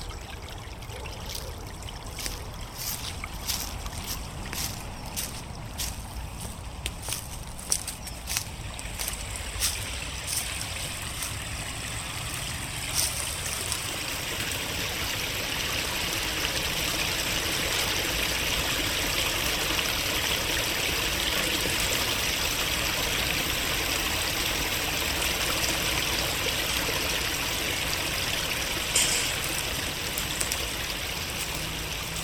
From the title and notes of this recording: River Sherbourne: Walking Riverside in Coundon. Listen closely and we can hear the hum of the rush hour traffic in the distance. The recordings were captured using a binaural microphone between January and April 2022. Walking along the river’s path, with the leaves and twigs crunching under our feet, taking in the birds and wildlife surrounding us on the outskirts of the city.